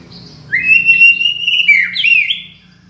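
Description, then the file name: White-rumped shama song: a long clear whistle held near one pitch, then breaking into quick rising and falling slurred notes, with a faint low hum underneath. Borneo. "murai batu borneo"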